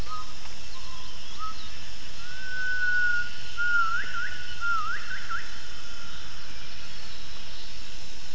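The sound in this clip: Gibbon call: thin whistled notes, a long level tone followed by several quick rising swoops midway, over a steady hiss.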